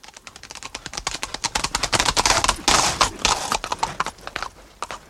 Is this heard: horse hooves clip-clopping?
yes